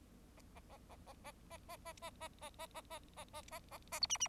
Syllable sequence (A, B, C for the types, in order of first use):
A A A A A A A A A A A A A A A A A A A A B C C